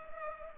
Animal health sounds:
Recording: mosquito wingbeat signal from an infrared sensor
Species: Culex pipiens

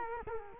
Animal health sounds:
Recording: mosquito wingbeat signal from an infrared sensor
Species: Culex quinquefasciatus

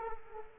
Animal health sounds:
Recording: mosquito wingbeat signal from an infrared sensor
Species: Culex quinquefasciatus

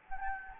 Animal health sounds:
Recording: mosquito wingbeat signal from an infrared sensor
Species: Anopheles gambiae

